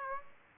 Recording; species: mosquito wingbeat signal from an infrared sensor; Aedes aegypti